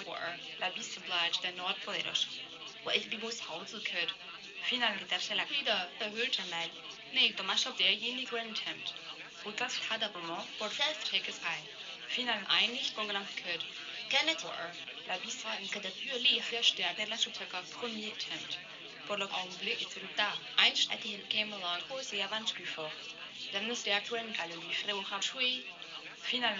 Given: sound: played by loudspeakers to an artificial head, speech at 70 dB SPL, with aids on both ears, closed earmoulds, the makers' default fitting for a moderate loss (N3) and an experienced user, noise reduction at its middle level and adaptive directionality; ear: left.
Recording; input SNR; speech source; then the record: speech test signal (ISTS) in cocktail-party noise; +9 dB; in front (0 degrees)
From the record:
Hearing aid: class 1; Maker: G